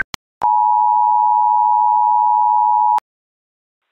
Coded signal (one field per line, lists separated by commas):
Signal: Emergency Alert System (SAME) tones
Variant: 853 and 960 Hz attention tone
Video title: EAS - Clowns 2